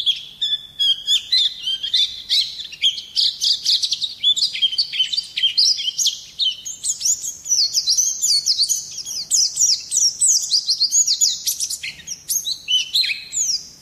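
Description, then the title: White-eye in sustained song, an unbroken torrent of bright, squeaky twittering notes with rapid pitch sweeps throughout. Local name pleci; labelled ngalas. "Pleci. Placi Ngalas"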